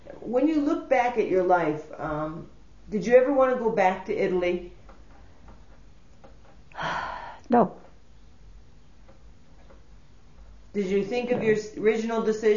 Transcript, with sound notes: When you look back at your life, did you ever want to go back to Italy?
( she sighs ) No.
Did you think of your original decision?